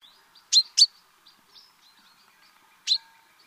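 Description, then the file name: Common chaffinch calls: two sharp, bright chirps in quick succession, then a single matching chirp after a pause of about two seconds, with faint chatter behind. "Fringilla coelebs"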